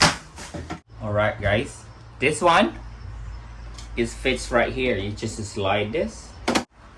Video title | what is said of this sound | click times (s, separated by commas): SHEFFIELD PORTABLE AIR CONDITIONER -- UNBOXING AND TESTING | yeah just like this like that and it will lock it click into place | 6.5 s, 6.6 s